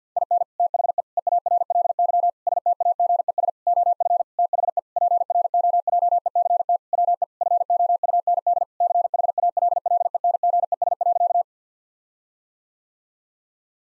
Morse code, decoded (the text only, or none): IN THE EARLY STAGES OF THE PROJECT WE FOUND CHALLENGES.